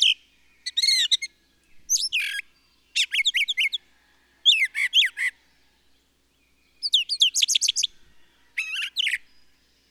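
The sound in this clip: Bird song made of rapid high twittering phrases and swooping whistled notes, repeated in bursts roughly every second, against a quiet background.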